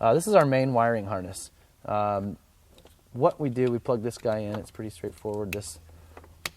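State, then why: Seated. Someone talks while pushing the main wiring harness plug into the back of a double-DIN head unit being installed in a BMW E46. A couple of faint ticks come just before a single sharp click at 6.5 s as the plug's latch snaps down over the socket, and the connector is seated.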